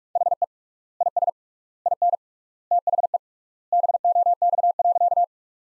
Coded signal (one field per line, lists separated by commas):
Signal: Morse code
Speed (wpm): 44 wpm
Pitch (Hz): 700 Hz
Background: none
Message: HE IS IN THE BOX.